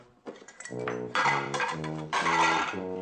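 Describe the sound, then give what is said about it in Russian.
Dinner dishes clatter as they are shoved to the edge of a table, followed by glass beer bottles clinking down one after another as they are set out on the table, with two louder bursts of rattling over about three seconds. “Сдвинув обеденную посуду на край стола, Илья расставляет бутылки.”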